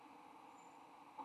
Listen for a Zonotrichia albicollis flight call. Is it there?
no